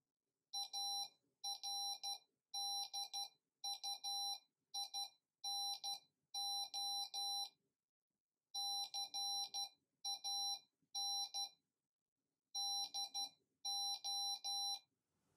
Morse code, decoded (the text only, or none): ARDUINO CAN DO